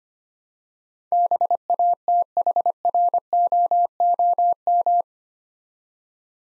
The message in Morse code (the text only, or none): BATHROOM